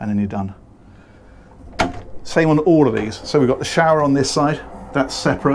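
On a Lazzara LSX67 yacht, a cabin door's stay is released and its automatic closer swings the door shut so it won't crash around when the boat bounces at sea. The door latches into its frame with a single sharp knock at 1.8 s, and someone talks before and after.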